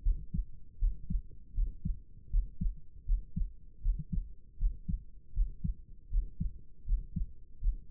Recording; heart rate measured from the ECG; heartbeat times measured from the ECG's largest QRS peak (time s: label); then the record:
heart sounds by stethoscope; 79 bpm
0.02 s: heartbeat
0.78 s: heartbeat
1.54 s: heartbeat
2.30 s: heartbeat
3.05 s: heartbeat
3.81 s: heartbeat
4.58 s: heartbeat
5.33 s: heartbeat
6.09 s: heartbeat
6.85 s: heartbeat
7.60 s: heartbeat
From the record:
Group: healthy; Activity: rest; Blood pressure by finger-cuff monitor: 95/68 mmHg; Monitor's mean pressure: 74 mmHg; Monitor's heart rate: 79 bpm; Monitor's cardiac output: 6.2 L/min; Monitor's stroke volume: 78 mL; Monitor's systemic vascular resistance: 870 dyn s/cm5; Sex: male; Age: 35 years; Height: 180 cm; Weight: 86.9 kg